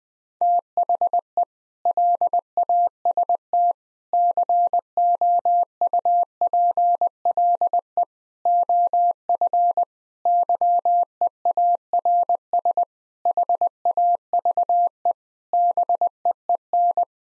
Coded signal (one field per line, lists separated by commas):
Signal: Morse code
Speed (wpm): 20 wpm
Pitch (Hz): 700 Hz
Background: none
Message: THE LAST COUPLE OF YEARS HAVE BEEN